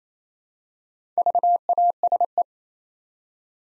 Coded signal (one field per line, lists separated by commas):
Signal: Morse code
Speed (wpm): 27 wpm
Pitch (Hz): 700 Hz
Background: none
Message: VASE